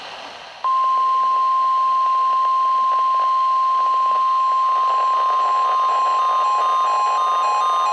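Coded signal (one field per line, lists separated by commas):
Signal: Emergency Alert System (SAME) tones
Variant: 1050 Hz attention tone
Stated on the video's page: NOAA Weather Radio severe thunderstorm alerts on 162.475 and 162.450 MHz, received on Sangean CL100, Midland WR120EZ and Reecom R1650 radios.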